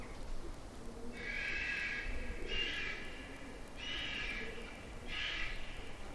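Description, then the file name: Vulture calls: four harsh, hissing bursts about a second long each, spaced roughly evenly through the stretch, over a steady low background rumble. Recorded at Lumbier, Spain, on 18 September 2004. "040918 Lumbier gieren"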